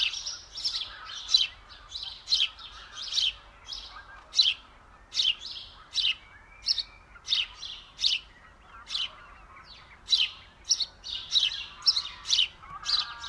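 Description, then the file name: House sparrow chirping, a busy series of short bright chips repeated steadily throughout, with a faint lower twittering underneath. "Passer domesticus"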